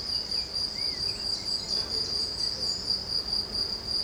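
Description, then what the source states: Cricket chirping, a bright continuous stream of rapid high pulses. Field recording at Bellegarde-Sainte-Marie, Haute-Garonne, Occitanie, France; recorded on a Zoom H6 with Triton FetHead and LOM BasicUcho microphones.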